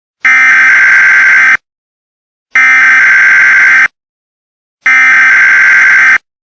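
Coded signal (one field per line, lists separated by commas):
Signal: Emergency Alert System (SAME) tones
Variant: header bursts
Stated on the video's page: Fictional EAS scenario remaster, not a real alert.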